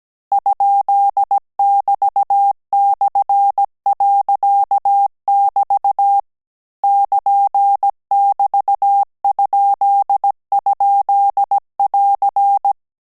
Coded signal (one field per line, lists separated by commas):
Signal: Morse code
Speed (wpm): 17 wpm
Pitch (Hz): 800 Hz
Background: none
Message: ?<BT>/.<BT> <KN><BT>??<AR>